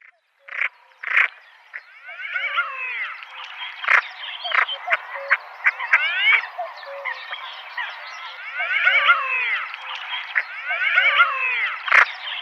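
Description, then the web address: Common pochard males in a chorus of rising, wheezy whistled calls with brief clipped notes, several birds calling over one another. "Schulze Peter Common Pochard males"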